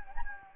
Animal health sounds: mosquito wingbeat signal from an infrared sensor; Anopheles gambiae

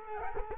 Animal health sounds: mosquito wingbeat signal from an infrared sensor; Culex quinquefasciatus

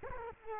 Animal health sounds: mosquito wingbeat signal from an infrared sensor; Culex quinquefasciatus

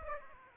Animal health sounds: mosquito wingbeat signal from an infrared sensor; Aedes aegypti

